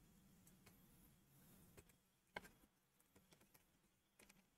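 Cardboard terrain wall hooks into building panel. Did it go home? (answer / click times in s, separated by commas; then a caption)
yes / 2.4 s. A cardboard scenery wall is slid out, its hooks are lined up, and it is pushed into the matching card building panel, with soft rustling and light taps before and after. A sharp click at 2.4 s marks the hooks engaging and the wall seating into the panel.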